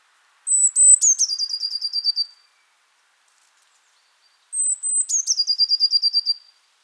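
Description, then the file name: Eurasian blue tit calling: a thin high note followed by a rapid buzzy, scolding chatter of descending notes, given twice about four seconds apart. "Cyanistes caeruleus"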